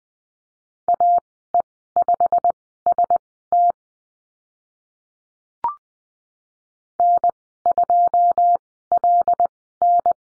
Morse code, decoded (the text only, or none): AE5ST N2LN